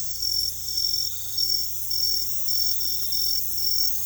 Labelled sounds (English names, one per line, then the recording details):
none
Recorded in secondary vegetation near Puerto Asís, Putumayo, Colombia, on 16 December 2024 at 00:30
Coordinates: 0.468, -76.324
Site G095